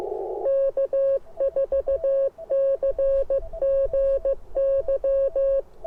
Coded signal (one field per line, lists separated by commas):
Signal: Morse code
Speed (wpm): 16 wpm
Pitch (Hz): 590 Hz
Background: none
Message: K4CGY